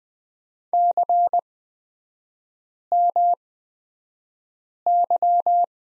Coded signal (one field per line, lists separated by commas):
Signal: Morse code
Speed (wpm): 20 wpm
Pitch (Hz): 700 Hz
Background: none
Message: CMY